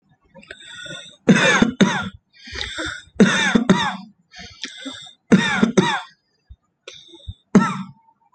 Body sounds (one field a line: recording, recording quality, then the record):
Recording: heavy voluntary cough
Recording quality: excellent, no background noise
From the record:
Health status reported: respiratory illness, not identified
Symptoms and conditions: asthma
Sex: male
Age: 26 years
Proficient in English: yes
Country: India